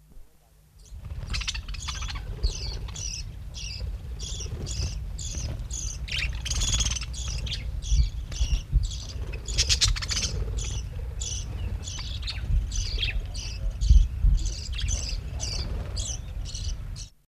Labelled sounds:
Budgerigar (Melopsittacus undulatus) call
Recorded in captivity
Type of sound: call
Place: Bad Mergentheim, Baden-Württemberg, DE
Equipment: Halbspur, 9,5 cm/s
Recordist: Lütgens, Hans
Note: Pfarrkirche Mariä Krönung (Gemeinde Stuppach): Junge Wellensittiche

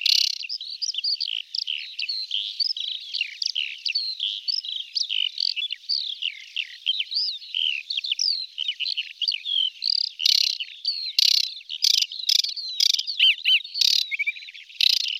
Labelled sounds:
Aquatic Warbler (Acrocephalus paludicola) song
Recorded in the wild
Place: Nagyivan / Hortobagy Nationalpark, HU
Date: 1990-05-15
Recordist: Schwarz, Dieter
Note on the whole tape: Song

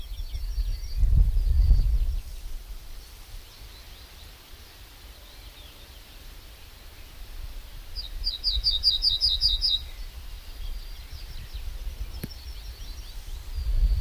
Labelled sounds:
Yellowhammer (Emberiza citrinella) song
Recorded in the wild
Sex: male
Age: adult
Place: Lübars (Fließtal), Berlin, DE
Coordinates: 52.6167, 13.35
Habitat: meadow
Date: 1996-06-23 14:59
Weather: cloudy, 15°C
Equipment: Sony MD-WM MZ-R3, Sennheiser MKH 416 T, Kopie Uher 4000 Report Monitor
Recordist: Tembrock, Günter

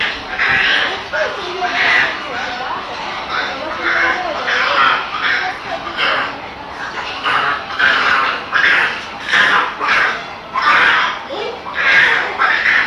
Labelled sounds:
Bonobo (Pan paniscus) call
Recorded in captivity
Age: subadult
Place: Zoo Berlin, Berlin, DE
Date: 1988-07-23 15:12
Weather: sunny, 30°C
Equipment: 19 cm Stereo
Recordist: Tembrock, Günter
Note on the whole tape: Noch nicht ganz erwachsenes Exemplar: Laute beim Kontaktspiel (längere Strecke), diverse auch rhythmische Lautformen. Von 15.12 bis 15.35 Uhr

